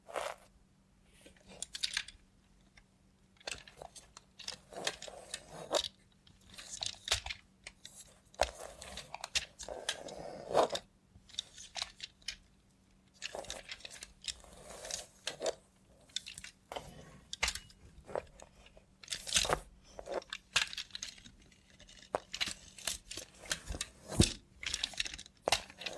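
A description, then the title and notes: ASMR with a robot hand: crisp clicking, tapping and rustling in quick irregular bursts, some metallic jingles, over a faint steady low hum. Try ASMR with a Robot Hand (No Talking).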